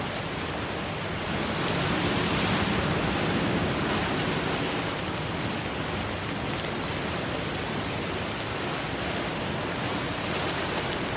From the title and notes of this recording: Rain & Storm Sounds With Ocean Waves Crashing.